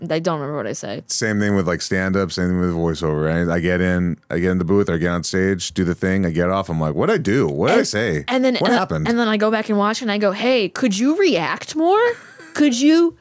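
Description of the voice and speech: An adult man talks quickly and fluently in a lively, expressive conversational style, with wide pitch swings and only brief pauses. His voice is clear and steady, with no hoarseness, stuttering or slurring. This is ordinary, typical adult speech.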